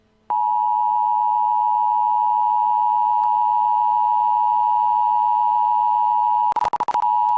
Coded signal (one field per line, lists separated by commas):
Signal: Emergency Alert System (SAME) tones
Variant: 853 and 960 Hz attention tone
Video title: EAS Scenario: DO NOT SPEAK.|Part 5|Welp, humanity is d̸̡̫̝̟̻̲́͐̿̆̓̑̆̈́̾͊͜͜ë̷̳͚̫̝̆̉̍͛̌̾͌̈́́͗͑͘ă̴͓̇̀d̶